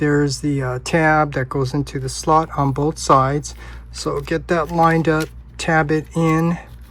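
Someone talks while a double-hinged plastic panel on a Transformers Studio Series Devastator transforming robot toy is brought forward and its tabs are lined up to push into the slots on both sides. Nothing has seated or clicked yet.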